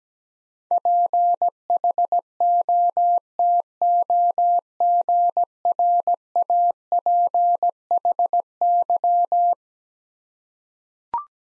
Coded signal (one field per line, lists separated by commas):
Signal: Morse code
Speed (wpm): 17 wpm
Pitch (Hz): 700 Hz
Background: none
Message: PHOTOGRAPHY